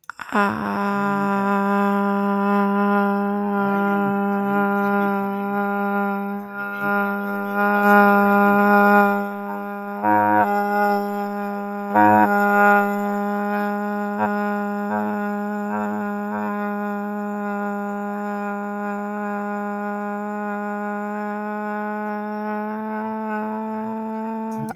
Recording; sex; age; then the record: vowel held as long as possible; female; 20 to 29 years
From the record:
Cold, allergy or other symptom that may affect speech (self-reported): no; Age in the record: 27 years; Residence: Florida, United States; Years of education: 19